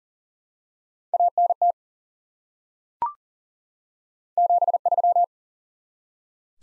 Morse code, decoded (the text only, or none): ANT 73